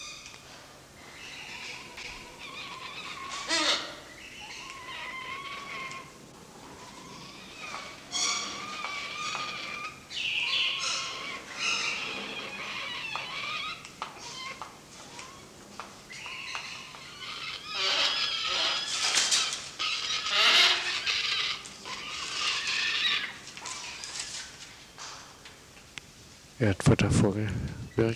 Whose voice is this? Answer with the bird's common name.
Black-and-white-casqued Hornbill